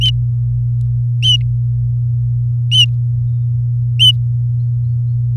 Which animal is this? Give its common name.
Domestic Canary